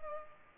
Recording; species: mosquito wingbeat signal from an infrared sensor; Culex pipiens